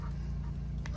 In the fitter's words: can hear it. There it goes. And that's that. That is back in,